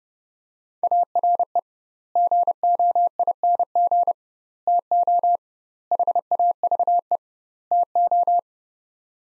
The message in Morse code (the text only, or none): ARE GOING TO HAVE TO